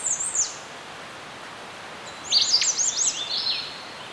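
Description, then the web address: Birds chirping: a brief high twitter, then a longer burst of quick, thin, warbling notes over a constant gentle hiss. Birds chirping in a serene forest. "Dr Sound Effects. Birds Chirping In a Serene Forest"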